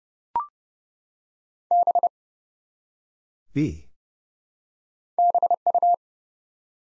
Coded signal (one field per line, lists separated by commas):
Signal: Morse code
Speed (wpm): 30 wpm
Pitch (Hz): 700 Hz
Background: none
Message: B BU